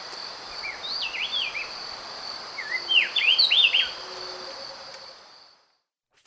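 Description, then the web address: Speckle-breasted wren singing two series of looping whistled notes, the second louder, over a constant insect hum before the sound cuts to silence. Recorded in Ecuador. "Birds of Ecuador Speckle-breasted Wren"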